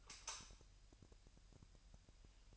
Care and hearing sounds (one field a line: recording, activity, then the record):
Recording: daily activity, microphone in the room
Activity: light off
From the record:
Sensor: 2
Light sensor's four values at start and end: 9/26/10/10 and 4/10/4/4